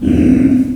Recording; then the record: squeal of a Yucatan mini pig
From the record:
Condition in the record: after surgery on the right vocal fold (resection and tissue-engineered implant); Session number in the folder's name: 1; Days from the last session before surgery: 13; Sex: female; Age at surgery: 19 weeks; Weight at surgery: 25 kg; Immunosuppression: prednisolone